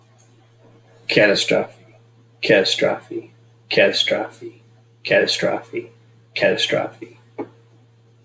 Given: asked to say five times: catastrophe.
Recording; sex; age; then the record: repeated word; male; 40 to 49 years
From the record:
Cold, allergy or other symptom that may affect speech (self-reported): no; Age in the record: 45 years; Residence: Michigan, United States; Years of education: 16